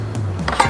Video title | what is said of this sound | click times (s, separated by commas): This Saw will put Milwaukee out of business! | we can lock into place and then it'll snow you can carry it around wherever you want | 0.5 s, 0.6 s